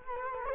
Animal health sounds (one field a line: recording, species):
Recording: mosquito wingbeat signal from an infrared sensor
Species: Culex quinquefasciatus